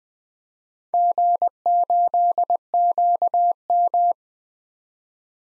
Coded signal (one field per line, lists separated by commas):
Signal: Morse code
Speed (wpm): 20 wpm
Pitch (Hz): 700 Hz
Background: none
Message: G8QM